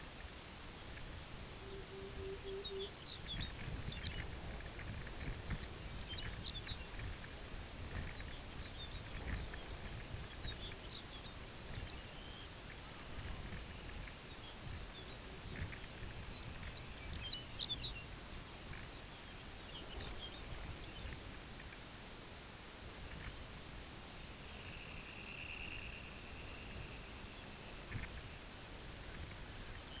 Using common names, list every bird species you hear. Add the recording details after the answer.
Pectoral Sandpiper, Lapland Longspur, Dunlin. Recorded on Arctic tundra, site UTQI-5, on 16 June 2019. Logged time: 12:00